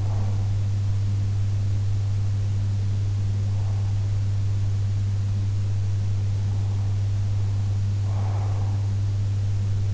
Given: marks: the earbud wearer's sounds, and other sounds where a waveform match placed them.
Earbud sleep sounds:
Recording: sounds in sleep by an in-ear microphone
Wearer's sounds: breath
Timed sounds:
0.00-0.54 s: breath
8.01-8.80 s: breath

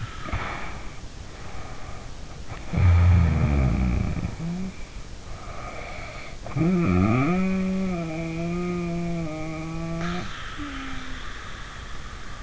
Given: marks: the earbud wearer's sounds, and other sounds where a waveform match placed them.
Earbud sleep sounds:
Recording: sounds in sleep by an in-ear microphone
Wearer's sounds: breath, snoring breath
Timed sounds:
0.13-2.19 s: breath
2.60-4.84 s: snoring breath
5.25-12.43 s: snoring breath

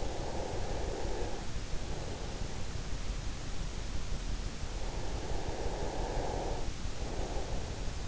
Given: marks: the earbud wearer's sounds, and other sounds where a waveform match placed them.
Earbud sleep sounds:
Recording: sounds in sleep by an in-ear microphone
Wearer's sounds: breath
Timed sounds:
0.00-1.46 s: breath
5.00-7.69 s: breath

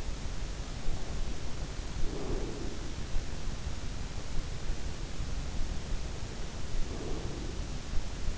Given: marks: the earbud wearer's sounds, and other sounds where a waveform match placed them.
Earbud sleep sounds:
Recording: sounds in sleep by an in-ear microphone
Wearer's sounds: breath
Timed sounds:
1.86-3.38 s: breath
6.35-8.38 s: breath

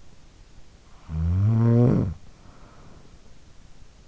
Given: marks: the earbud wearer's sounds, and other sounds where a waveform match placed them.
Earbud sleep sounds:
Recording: sounds in sleep by an in-ear microphone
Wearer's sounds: snoring breath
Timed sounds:
0.75-3.80 s: snoring breath

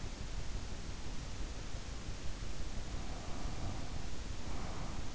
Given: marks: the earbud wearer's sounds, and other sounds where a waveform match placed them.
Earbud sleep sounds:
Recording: sounds in sleep by an in-ear microphone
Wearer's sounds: breath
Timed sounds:
2.77-5.10 s: breath

